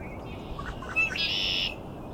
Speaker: Also lots of male red-winged blackbirds, as you can hear. Got a really close-up one here.